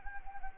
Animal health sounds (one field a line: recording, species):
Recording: mosquito wingbeat signal from an infrared sensor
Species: Anopheles gambiae